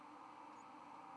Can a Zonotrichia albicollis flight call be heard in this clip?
no